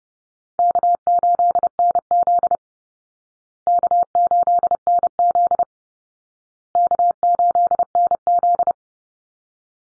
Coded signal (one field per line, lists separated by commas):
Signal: Morse code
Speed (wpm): 30 wpm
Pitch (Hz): 700 Hz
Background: none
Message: K8NZ K8NZ K8NZ